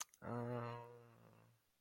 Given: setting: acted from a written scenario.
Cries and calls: vocal sound without words; sympathy

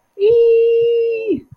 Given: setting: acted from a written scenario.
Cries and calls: vocal sound without words; positive surprise

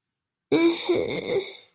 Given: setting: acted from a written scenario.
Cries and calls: vocal sound without words; shame

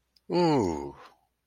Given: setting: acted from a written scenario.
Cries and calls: vocal sound without words; interest

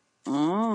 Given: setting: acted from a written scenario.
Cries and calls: vocal sound without words; desire

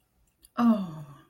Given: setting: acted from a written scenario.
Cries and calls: vocal sound without words; awe

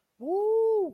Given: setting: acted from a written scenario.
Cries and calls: vocal sound without words; elation

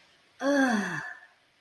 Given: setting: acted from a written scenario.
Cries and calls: vocal sound without words; ecstasy

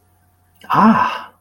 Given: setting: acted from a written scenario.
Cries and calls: vocal sound without words; disappointment

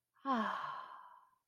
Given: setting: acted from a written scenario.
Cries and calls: vocal sound without words; serenity

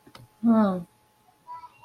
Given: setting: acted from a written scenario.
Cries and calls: vocal sound without words; disappointment

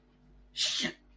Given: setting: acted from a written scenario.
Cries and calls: vocal sound without words; negative surprise

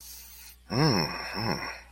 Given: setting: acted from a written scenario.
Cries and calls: vocal sound without words; romantic love

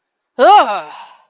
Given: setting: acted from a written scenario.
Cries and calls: vocal sound without words; disgust

